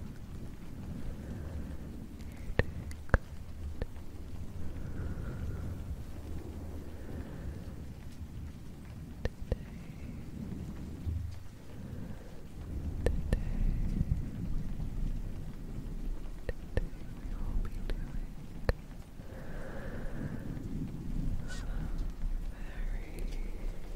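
Soft brushing strokes against a fluffy mic make low, rumbling swishes that rise and fall every few seconds, with occasional sharp clicks and taps.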